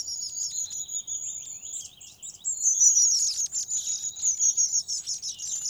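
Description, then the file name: Long-tailed tit uttering fast, thin, very high calls, a lower dry trill woven in early, then a busier burst of notes. "Staartmees"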